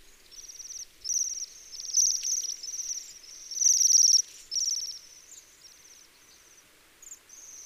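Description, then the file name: Bohemian waxwing calls: high, buzzy sibilant trills in irregular bursts, loudest midway, with quieter pauses between. "Sidensvans"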